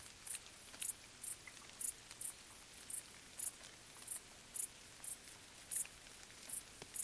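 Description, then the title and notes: Crickets chirping in a rapid series of regularly repeated high-pitched bursts, with a faint hiss of gentle rain underneath. Late at night in summer, gentle rain falling on vegetation; recorded along an abandoned railway track in Bad Boll, Baden-Württemberg, beside a silent village. "Crickets in gentle summer rain. Bad Boll, Baden-Württemberg. Recorded by Colin Hunter"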